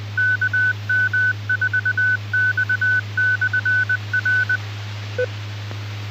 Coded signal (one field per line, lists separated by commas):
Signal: Morse code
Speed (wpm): 20 wpm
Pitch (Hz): 1500 Hz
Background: none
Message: KM4X/R E